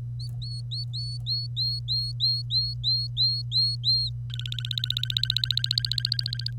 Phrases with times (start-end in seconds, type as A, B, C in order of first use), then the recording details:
0.20-4.10 A, 4.30-6.51 B. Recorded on 25 April 2018 at 06:55. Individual llb3